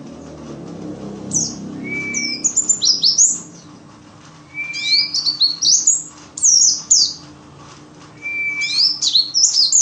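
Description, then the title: White-eye song: three high twittering phrases, each with a short flat whistle, with soft hum behind. Forest-type white-eye ('ngalas'), isian filler song used for masteran, tutoring captive songbirds. "mster Mnuk. Pleci ngalas isian untuk masteran"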